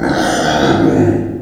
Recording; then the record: squeal of a Yucatan mini pig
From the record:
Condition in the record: before surgery on the right vocal fold (resection and tissue-engineered implant); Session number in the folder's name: 3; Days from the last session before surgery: 0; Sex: female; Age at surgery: 19 weeks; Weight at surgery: 25 kg